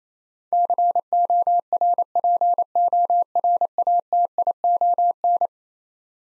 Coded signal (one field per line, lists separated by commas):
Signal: Morse code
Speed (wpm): 28 wpm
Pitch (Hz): 700 Hz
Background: none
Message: CORPORATION